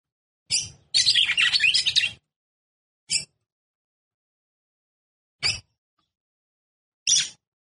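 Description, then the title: Red-cowled cardinal giving a short harsh note, then a long burst of harsh, high chattering notes, followed by three brief sharp notes at irregular gaps. Female bird; the song style is called "batendo fogo". "Canto Galo De Campina. Fêmea De Galo De Campina Batendo Fogo"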